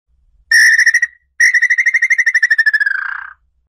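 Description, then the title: Tataupa Tinamou song: a short pulsed whistle, a brief pause, then a longer series of pulsed notes that speed up, fade and slide downward. Song used to attract the bird. "Canto Para Atrair Ave Lambu Pé Roxo"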